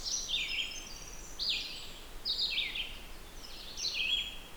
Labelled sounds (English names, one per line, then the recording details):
Red-eyed Vireo song
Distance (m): 25 m
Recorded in boreal forest in Alberta, Canada, on 16 June 2016 at 08:44
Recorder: SongMeter 3, array SBT-3-32
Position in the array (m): 148 m, 111 m